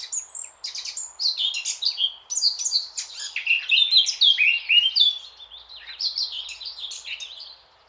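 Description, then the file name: Eurasian blackcap song: a long, energetic stream of chattering twitters and clear descending whistles, continuous for about seven seconds before tailing off. "Sylvia atricapilla"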